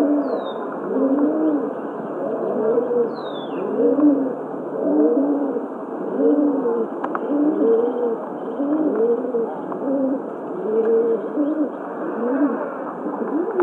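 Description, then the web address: Rock pigeon coos: low, rounded, rolling phrases repeated steadily, with two brief high chirps from another bird early on. "Schulze Peter Rock Pigeon"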